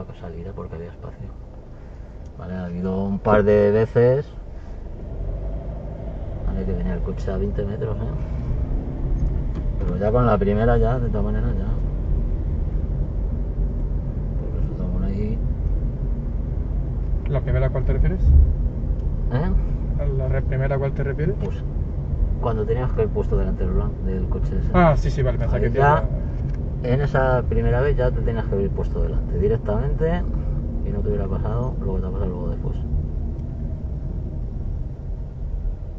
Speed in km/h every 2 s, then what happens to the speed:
0, 0, 3, 10, 19, 21, 25, 23, 24, 24, 22, 23, 25, 24, 23, 23, 20, 10.
0-3 standing. 3-11 pulls away to 25. 11-30 steady at about 23. 30-36 slows to 10.